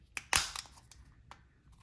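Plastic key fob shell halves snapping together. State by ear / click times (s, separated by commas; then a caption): seated / 0.2 s, 0.4 s. The two plastic shell halves of a 2021–2023 Infiniti QX55 key fob are pressed back together after a battery replacement, giving sharp clicks at 0.2 s and 0.4 s as they seat. Fainter taps follow near 0.6, 0.9 and 1.3 s, possibly from the emergency key being slid back in, and the shell ends up snapped shut.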